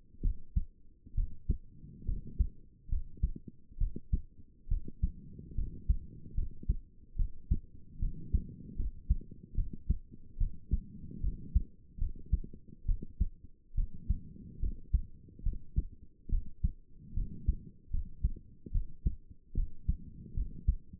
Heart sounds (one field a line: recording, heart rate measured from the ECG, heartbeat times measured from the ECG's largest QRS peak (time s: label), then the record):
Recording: heart sounds by stethoscope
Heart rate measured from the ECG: 72 bpm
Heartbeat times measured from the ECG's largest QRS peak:
0.21 s: heartbeat
1.14 s: heartbeat
2.05 s: heartbeat
2.88 s: heartbeat
3.78 s: heartbeat
4.68 s: heartbeat
5.55 s: heartbeat
6.34 s: heartbeat
7.16 s: heartbeat
7.99 s: heartbeat
8.76 s: heartbeat
9.54 s: heartbeat
10.37 s: heartbeat
11.20 s: heartbeat
11.98 s: heartbeat
12.85 s: heartbeat
13.74 s: heartbeat
14.59 s: heartbeat
15.43 s: heartbeat
16.29 s: heartbeat
17.14 s: heartbeat
17.90 s: heartbeat
18.71 s: heartbeat
19.54 s: heartbeat
20.34 s: heartbeat
From the record:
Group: healthy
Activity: rest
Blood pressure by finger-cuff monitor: 143/78 mmHg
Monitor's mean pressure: 96 mmHg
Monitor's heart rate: 71 bpm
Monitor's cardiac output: 6.4 L/min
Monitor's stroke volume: 91 mL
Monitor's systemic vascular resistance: 1120 dyn s/cm5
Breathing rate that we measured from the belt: 20 breaths a minute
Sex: female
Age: 22 years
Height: 154 cm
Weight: 58.7 kg